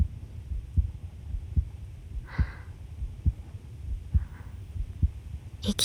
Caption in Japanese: 心臓の音。